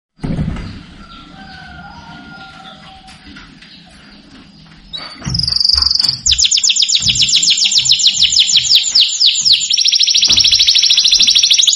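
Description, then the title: Domestic canary song: after several seconds of low hum and faint tones, a loud rapid high trill bursts in and continues in quick buzzy rolls to the end. Belgian canary song to excite canaries into singing back at once. "Canto Para Esquentar Canário Belga. Suara Kenari Bikin Emosi & Langsung Nyaut"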